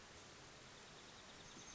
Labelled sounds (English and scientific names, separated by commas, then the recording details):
Oak Titmouse (Baeolophus inornatus)
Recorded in Sonoma County, California